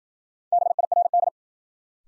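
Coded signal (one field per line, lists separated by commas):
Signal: Morse code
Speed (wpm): 54 wpm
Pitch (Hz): 700 Hz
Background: none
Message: BIRD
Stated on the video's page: Morse new-word drill at 55 wpm: each word sent in Morse, spoken, then sent again, for head-copy practice.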